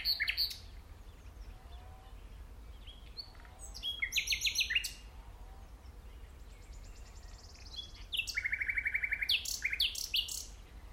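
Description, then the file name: Common nightingale song: rich phrases with rapid repeated notes and buzzy trills, separated by pauses of a few seconds, over a low steady background hum. "Luscinia megarhynchos"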